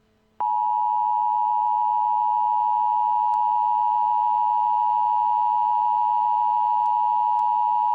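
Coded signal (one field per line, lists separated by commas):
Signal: Emergency Alert System (SAME) tones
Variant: 853 and 960 Hz attention tone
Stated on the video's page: Fictional mock EAS scenario made with EAS Creator 3.0 software.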